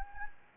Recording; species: mosquito wingbeat signal from an infrared sensor; Anopheles gambiae